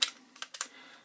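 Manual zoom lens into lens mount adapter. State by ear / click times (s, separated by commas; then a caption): seated / 0.0 s. A manual 200 mm zoom lens is twisted into a metal lens adapter on a mirrorless camera, and at 0.0 s a sharp click is heard as the locking pin engages. A few softer clicks and ticks follow around 0.4 to 0.6 s. The lens is seated and locked into the adapter mount.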